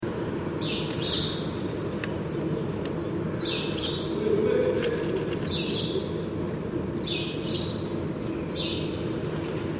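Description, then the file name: House sparrow giving scattered short cheeps, single or paired, over loud continuous low-pitched background noise. "Passer domesticus"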